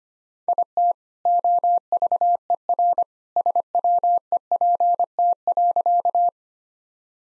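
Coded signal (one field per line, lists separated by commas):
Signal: Morse code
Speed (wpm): 25 wpm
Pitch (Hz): 700 Hz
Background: none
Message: IT OVERSWEPT.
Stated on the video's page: Morse practice set at 25 wpm using jokes for contextual priming.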